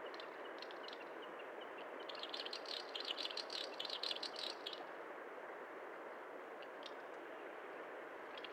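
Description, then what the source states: Snipe producing one burst of fast, buzzy ticking notes against a steady rushing noise. Recorded at Belaya Uba, Kazakhstan, on 18 May 2011.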